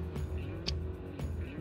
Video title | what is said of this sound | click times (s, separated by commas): COMMENT CHANGER SA RAM DANS UN PC PORTABLE | on écoute bien le petit clic le | 0.7 s